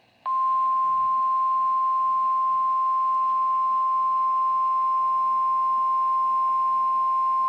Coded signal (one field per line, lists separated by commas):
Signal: Emergency Alert System (SAME) tones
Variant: 1050 Hz attention tone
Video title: THE TEST BEFORE THANKSGIVING (EAS #035)